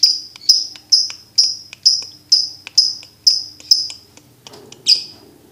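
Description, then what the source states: Lovebird chattering song: sharp high notes, each dropping quickly, repeated about twice a second in an even series, ending with a brief rougher burst. Master recording for lovebirds to learn ngekek song.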